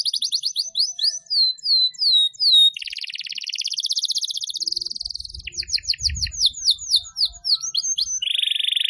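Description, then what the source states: Canary song of high swooping whistles, buzzy trills and a steady rolling trill, phrases changing every second or two, with soft low rumbles midway. Lure call for bird-trapping.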